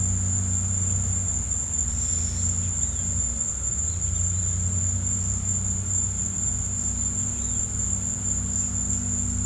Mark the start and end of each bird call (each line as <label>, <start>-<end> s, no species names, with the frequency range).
bird call (3.1-4.3 kHz), 2.72-3.04 s
bird call (2.7-4.6 kHz), 3.82-4.49 s
bird call (2.4-4.2 kHz), 7.26-7.67 s